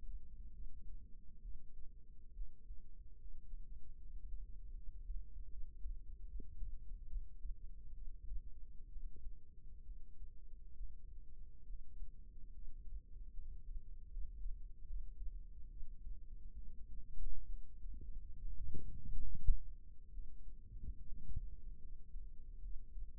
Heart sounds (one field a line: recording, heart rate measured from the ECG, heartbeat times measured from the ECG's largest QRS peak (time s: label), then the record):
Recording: heart sounds by microphone in the right ear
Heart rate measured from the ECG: 71 bpm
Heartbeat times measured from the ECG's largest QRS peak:
0.52 s: heartbeat
1.41 s: heartbeat
2.33 s: heartbeat
3.18 s: heartbeat
3.98 s: heartbeat
4.74 s: heartbeat
5.49 s: heartbeat
6.25 s: heartbeat
7.07 s: heartbeat
7.93 s: heartbeat
8.88 s: heartbeat
9.83 s: heartbeat
10.75 s: heartbeat
11.64 s: heartbeat
12.51 s: heartbeat
13.35 s: heartbeat
14.09 s: heartbeat
14.85 s: heartbeat
15.68 s: heartbeat
16.54 s: heartbeat
17.45 s: heartbeat
18.36 s: heartbeat
19.24 s: heartbeat
20.10 s: heartbeat
20.95 s: heartbeat
21.79 s: heartbeat
22.61 s: heartbeat
From the record:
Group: healthy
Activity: rest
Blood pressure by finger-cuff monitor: 136/70 mmHg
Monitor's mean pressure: 90 mmHg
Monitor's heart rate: 70 bpm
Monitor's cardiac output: 6.3 L/min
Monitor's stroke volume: 90 mL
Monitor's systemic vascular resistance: 1040 dyn s/cm5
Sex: female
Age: 37 years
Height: 168 cm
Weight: 70 kg